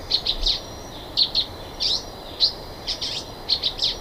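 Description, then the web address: Silver-beaked tanager song: short, sharp high chips in pairs and small clusters, unevenly spaced, over faint steady background hiss. Song, eastern lowlands of South America. "Natures Songs S America Eastern Lowlands. Ramphocelus carbo, song"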